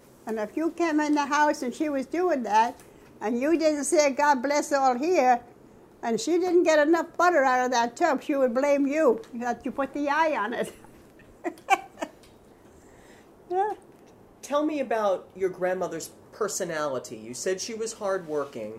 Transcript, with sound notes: And if you came in the house, and she was doing that, and you didn't say, "God bless all here," and she didn't get enough butter out of that tub, she would blame you. You had to put the eye on it! [Laughs] Yeah.
Tell me about your grandmother's personality. You said she was hard-working.